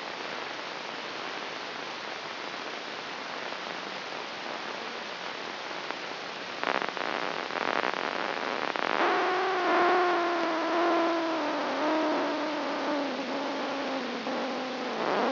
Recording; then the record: brain microelectrode recording played as sound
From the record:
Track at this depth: inside the subthalamic nucleus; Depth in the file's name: 2.931 mm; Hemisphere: left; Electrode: 3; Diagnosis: Parkinson's disease